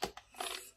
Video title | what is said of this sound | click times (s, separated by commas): Remise en état d'un compteur qui a déjà été démonté explication par Bassevelle Auto Services | donc on va entendre des bruits aussi voilà ça veut dire que c'est en train de se clipser tu vois | 0.0 s, 0.2 s, 0.4 s